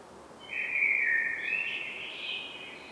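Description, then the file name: Common blackbird song, a single sustained warbled phrase swelling and dipping, ending in a higher thin twitter, over faint steady background hiss. "Turdus merula"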